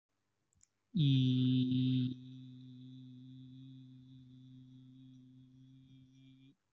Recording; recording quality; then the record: sustained vowel as in beet; excellent, no background noise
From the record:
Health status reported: healthy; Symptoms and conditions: none ticked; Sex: male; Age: 20 years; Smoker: not ticked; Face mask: not worn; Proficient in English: yes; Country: India